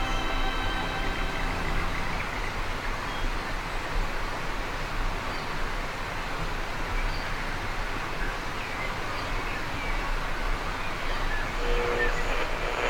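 New Guinea rainforest ambience: a dense, unbroken wash of hiss with a steady low rumble underneath, holding an even level throughout. Faint sustained tones ring through the first two seconds, and a brief call and a short chirp stand out near the end.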